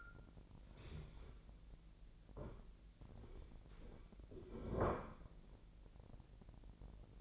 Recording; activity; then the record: daily activity, microphone in the room; stand up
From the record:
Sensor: 5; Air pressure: 1001.7 hPa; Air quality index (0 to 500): 245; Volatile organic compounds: 29 ppm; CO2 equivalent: 2935 ppm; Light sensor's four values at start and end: 47/111/46/48 and 47/110/45/47